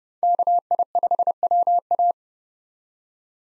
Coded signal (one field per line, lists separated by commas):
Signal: Morse code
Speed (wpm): 29 wpm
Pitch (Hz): 700 Hz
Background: none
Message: KI5WA